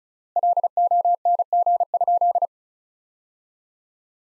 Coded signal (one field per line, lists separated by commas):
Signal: Morse code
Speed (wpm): 36 wpm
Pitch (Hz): 700 Hz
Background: none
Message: LONG?